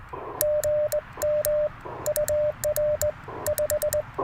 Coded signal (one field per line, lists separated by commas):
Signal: Morse code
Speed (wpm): 20 wpm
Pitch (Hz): 590 Hz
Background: radio noise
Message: GM UR 5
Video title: Morning Morse Code - 12/18/2024